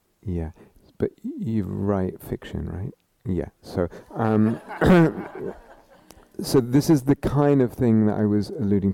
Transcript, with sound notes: Yeah. But you write fiction, right? [laughter] So this is the kind of thing that I was alluding to.